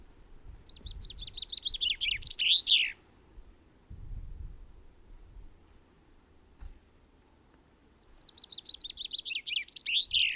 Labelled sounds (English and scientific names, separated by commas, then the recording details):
Common Chaffinch (Fringilla coelebs)
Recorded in the wild
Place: Ehrwald, Tirol, AT
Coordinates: 47.4261, 10.4911
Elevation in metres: 1213
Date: 1969-04-05
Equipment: Nagra
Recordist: Tretzel, Erwin